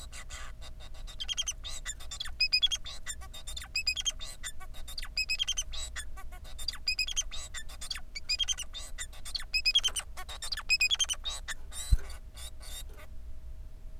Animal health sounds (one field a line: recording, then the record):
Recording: song of a male Bengalese finch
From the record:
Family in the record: son of father 4